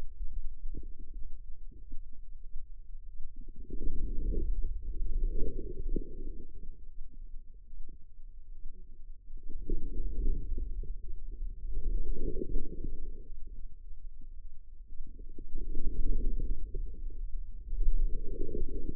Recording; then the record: forearm muscle sounds (acoustic myography)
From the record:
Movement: inward rotation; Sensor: system 2, bracelet of six BSWA MPA416 microphones around the upper forearm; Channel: 6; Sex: female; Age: 25 years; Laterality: right